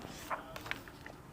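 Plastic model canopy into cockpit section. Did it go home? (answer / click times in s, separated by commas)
no / none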